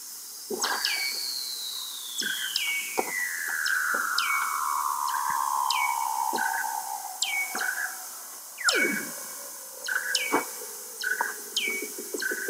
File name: foca weddel